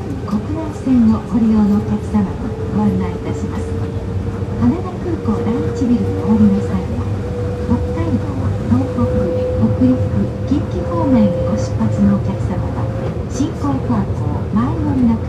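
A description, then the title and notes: Recorded aboard a monorail car, with a steady low rumble of the running train throughout and a faint whine that slowly rises in pitch as it accelerates. Muffled voices of passengers talk on and off, over a dense, unbroken background. 東京モノレール1000形 羽田空港国際線ターミナル-羽田空港第1ビル. Tokyo Monorail Type 1000 Haneda Airport International Terminal to Haneda Airport Terminal 1. ZOOM H2.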